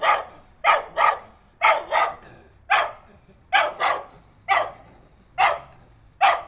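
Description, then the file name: Dog barking loudly in repeated bursts, often doubled barks, roughly one per second throughout. "chien aboie"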